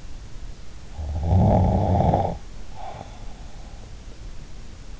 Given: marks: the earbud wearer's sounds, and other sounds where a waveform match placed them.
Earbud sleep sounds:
sounds in sleep by an in-ear microphone; snoring breath
0.99-3.35 s: snoring breath

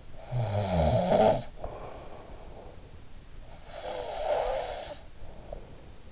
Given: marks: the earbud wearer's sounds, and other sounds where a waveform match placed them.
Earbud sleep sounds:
sounds in sleep by an in-ear microphone; snoring breath
0.18-2.41 s: snoring breath
3.49-6.12 s: snoring breath

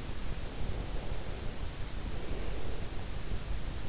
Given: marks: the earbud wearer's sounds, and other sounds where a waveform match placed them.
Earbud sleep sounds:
sounds in sleep by an in-ear microphone; breath
0.52-3.03 s: breath

